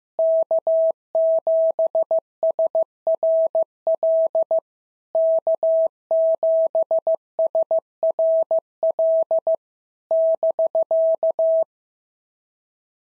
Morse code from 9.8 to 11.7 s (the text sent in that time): <BK>